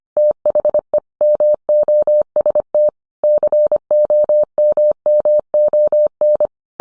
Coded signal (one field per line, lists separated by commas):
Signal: Morse code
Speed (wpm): 25 wpm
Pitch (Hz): 600 Hz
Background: none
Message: THE MOST COMMON